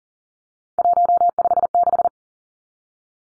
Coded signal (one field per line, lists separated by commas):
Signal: Morse code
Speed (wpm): 40 wpm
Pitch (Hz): 700 Hz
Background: none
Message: 156